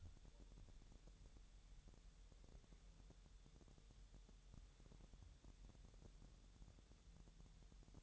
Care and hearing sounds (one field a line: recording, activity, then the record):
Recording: daily activity, microphone in the room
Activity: wipe stove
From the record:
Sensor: 3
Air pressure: 1000.9 hPa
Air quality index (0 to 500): 248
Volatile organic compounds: 177 ppm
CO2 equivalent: 4134 ppm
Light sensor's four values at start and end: 12/28/12/12 and 12/29/12/12